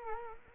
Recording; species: mosquito wingbeat signal from an infrared sensor; Culex quinquefasciatus